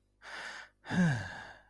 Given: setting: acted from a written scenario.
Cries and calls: vocal sound without words; contentment

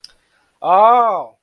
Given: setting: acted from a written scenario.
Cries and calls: vocal sound without words; realization

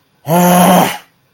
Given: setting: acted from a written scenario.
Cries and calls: vocal sound without words; anger

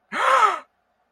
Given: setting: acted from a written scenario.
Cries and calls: vocal sound without words; positive surprise

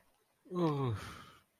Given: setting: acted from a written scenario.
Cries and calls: vocal sound without words; relief

